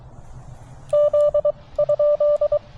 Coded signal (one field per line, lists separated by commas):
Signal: Morse code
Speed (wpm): 23 wpm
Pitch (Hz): 590 Hz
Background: none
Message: Z?